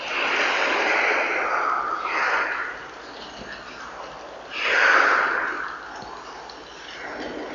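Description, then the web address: Oilbird screams: two long, rasping screeches, the second louder, separated by a quieter stretch. Ecuador, South America. "S America Birds of Ecuador. Oilbird"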